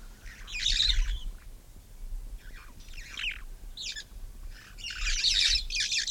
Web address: parrots poicephalus-gulielmi